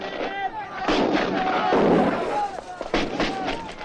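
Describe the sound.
Heavy cannon fire booms repeatedly during the battle at Custoza, several deep blasts rolling into one another, with indistinct voices mixed in beneath the din.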